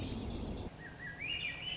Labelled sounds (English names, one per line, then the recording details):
Swainson's Thrush
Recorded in Sonoma County, California